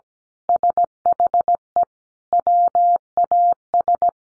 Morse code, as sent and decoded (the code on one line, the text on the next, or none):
... .... . / .-- .- ...
SHE WAS